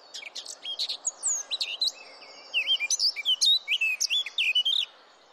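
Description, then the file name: Eurasian blackcap song: a hurried, varied warble of sweet whistled notes mixed with short chattering elements, building in loudness before stopping abruptly. "Sylvia atricapilla"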